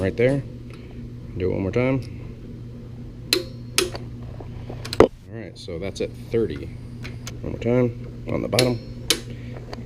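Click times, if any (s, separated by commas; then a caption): 3.3 s. A click-type torque wrench set at thirty tightens a footpeg mount bolt a second time, and it clicks again at 3.3 s, confirming the torque. Other sharp metallic clicks and taps follow around 3.8 s, 5.0 s and 9.1 s, and someone talks throughout.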